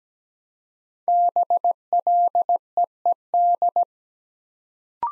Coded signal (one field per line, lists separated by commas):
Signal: Morse code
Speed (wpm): 17 wpm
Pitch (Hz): 700 Hz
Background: none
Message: BLEED